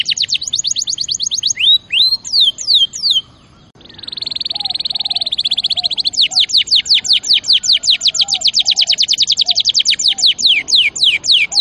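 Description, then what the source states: Singing canary with a rapid high trill, swooping notes, a drawn-out buzzy rattle, then an extended quick trill of downslurred notes. Champion canary song used as master recording for training other birds.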